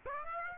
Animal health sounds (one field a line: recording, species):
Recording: mosquito wingbeat signal from an infrared sensor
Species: Aedes aegypti